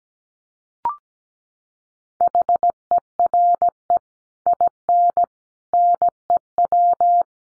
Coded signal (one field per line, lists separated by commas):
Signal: Morse code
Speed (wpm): 17 wpm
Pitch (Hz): 700 Hz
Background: none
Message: HERE IN NEW